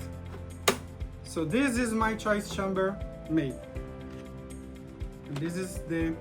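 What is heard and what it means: The final plastic chamber section is pressed onto the central chamber of a choice chamber and seats with one sharp click at 0.7 s, completing the choice chamber. Someone then talks over quiet background music.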